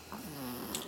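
A low, steady rumbling drone with a slight purring flutter runs through most of this brief moment: a single snoring breath from a sleeping female dog, picked up faintly by a nearby microphone. Ordinary, harmless sleep snoring.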